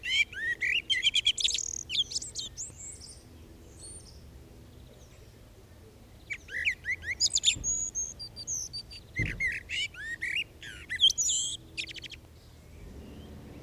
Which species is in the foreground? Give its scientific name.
Turdus merula